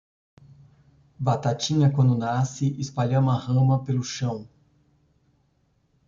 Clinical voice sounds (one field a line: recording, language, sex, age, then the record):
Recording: short text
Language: Brazilian Portuguese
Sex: male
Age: 40 to 49 years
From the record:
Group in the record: control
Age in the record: 48 years